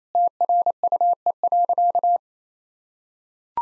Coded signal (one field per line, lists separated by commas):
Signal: Morse code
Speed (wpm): 28 wpm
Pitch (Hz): 700 Hz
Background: none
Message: TRUE.